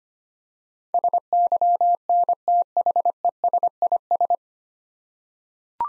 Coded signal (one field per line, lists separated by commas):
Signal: Morse code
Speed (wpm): 25 wpm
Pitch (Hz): 700 Hz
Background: none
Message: SYNTHESIS